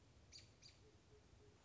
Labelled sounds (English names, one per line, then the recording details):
American Robin
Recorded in Sonoma County, California